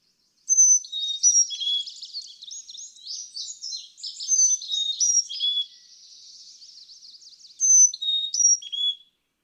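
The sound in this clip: Carolina chickadee singing thin, pure whistles that alternate high and low, given several times, with a thick wash of other chattering bird calls throughout.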